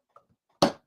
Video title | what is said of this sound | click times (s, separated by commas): ARC enclosure for Bambu P1P | there we go. Going to hear the click. And it is in like flint. | 0.6 s